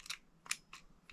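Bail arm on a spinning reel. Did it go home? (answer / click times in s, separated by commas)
no / none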